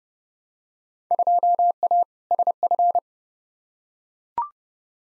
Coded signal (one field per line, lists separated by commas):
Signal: Morse code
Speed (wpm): 29 wpm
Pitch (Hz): 700 Hz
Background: none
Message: 2A SF